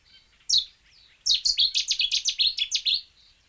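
Warbler song: one high downslurred note, then after a short pause a quick, even series of many high notes lasting under two seconds.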